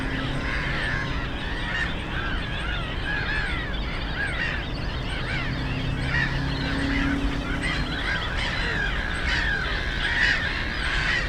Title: Żabie Doły, Bytom, Polska - Black-headed gulls at Frog Ponds complex